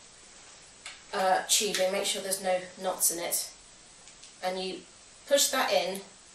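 An infusion set tubing connector is handled and pushed toward an insulin pump reservoir, the tubing first checked for knots, while someone talks throughout. Two brief, faint handling sounds occur at about 0.9 s and 4.1 s. Nothing has seated or clicked yet.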